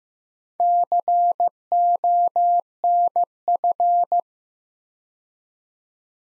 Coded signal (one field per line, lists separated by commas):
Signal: Morse code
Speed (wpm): 15 wpm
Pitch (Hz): 700 Hz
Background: none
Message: CONF